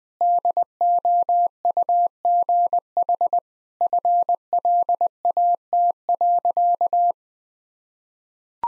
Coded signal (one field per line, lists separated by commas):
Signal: Morse code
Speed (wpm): 20 wpm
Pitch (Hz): 700 Hz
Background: none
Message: DOUGH FLAT.